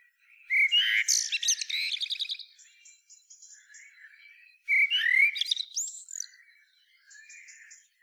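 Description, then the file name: Eurasian blackbird song: two phrases, each opening with a mellow warble and ending in a high, squeaky twitter, about four seconds apart, with soft chatter between. "Turdus merula"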